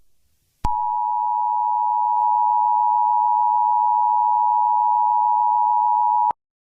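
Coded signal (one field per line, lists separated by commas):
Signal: Emergency Alert System (SAME) tones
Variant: 853 and 960 Hz attention tone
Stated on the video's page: Mock EAS alert for a Dam Watch, a code never used; simulated, not real.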